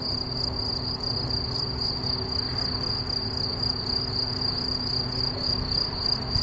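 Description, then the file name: Cricket chirps form a continuous high, rhythmic pulsing with no breaks, accompanied by a faint low hum underneath. "Swierszcze"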